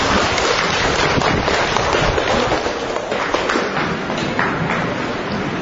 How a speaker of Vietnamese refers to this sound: Bảo Lộc, chú tôi một tràng pháo tay nữa thưa anh chị em.